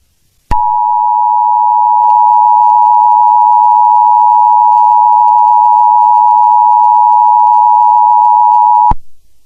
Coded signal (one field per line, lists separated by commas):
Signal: Emergency Alert System (SAME) tones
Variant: 853 and 960 Hz attention tone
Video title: The Unknown - TV TV's EAS Mocks #1